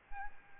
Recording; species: mosquito wingbeat signal from an infrared sensor; Aedes albopictus